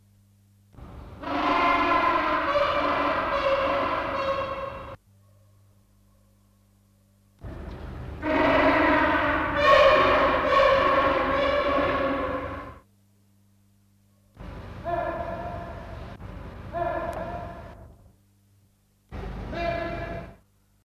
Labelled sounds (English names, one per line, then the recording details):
Gentoo Penguin call
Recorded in captivity
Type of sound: call
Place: Zoo Frankfurt, Rheinland-Pfalz, DE
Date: 1968-03-30
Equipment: Halbspur, 9,5 cm/s
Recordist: Lütgens, Hans
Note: Rufe